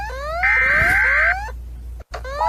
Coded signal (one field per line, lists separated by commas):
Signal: Emergency Alert System (SAME) tones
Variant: header bursts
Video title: SOUTHERN AMERICAN EAS ALARMS (SPECIAL)